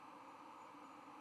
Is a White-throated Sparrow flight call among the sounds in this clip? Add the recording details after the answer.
no. No flight call is heard. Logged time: 10:29 on 5 November 2014